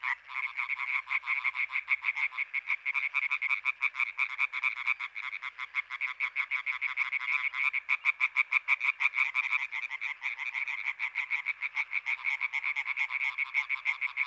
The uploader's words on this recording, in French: Choeur de rainettes en Sologne. Etang des Marguilliers en Sologne. La nuit est tombée depuis une heure, l'activité est intense chez les Rainettes vertes aussi appelées arboricoles (Hyla arborea).